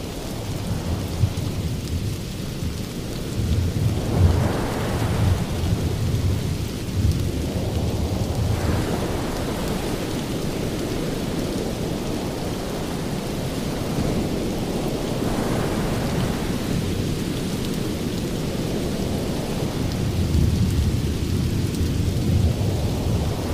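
Rain and rolling thunder fill the air in a dense, steady roar, heavy and low. Deep rumbles swell and fade every few seconds, around 4, 8, 15 and 21 seconds, over a constant hiss of falling rain.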